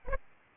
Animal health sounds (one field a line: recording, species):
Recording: mosquito wingbeat signal from an infrared sensor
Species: Aedes albopictus